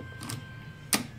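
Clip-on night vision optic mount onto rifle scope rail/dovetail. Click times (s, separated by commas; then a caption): 0.2 s, 0.3 s. A SIMRAD clip-on night vision unit on an in-house made custom quick-release mount for the spur ring set is slid onto the rail or dovetail ahead of a rifle scope, turning the day optic into a night optic. It locks in place with two quick metallic clicks at 0.2 s and 0.3 s, and a louder, sharper burst follows near 0.9 s. The mount is seated.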